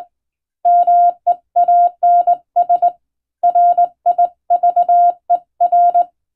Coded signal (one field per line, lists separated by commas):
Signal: Morse code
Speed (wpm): 21 wpm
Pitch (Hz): 700 Hz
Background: none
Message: MEANS RIVER